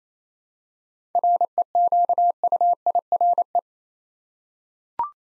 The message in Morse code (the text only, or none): REQUIRE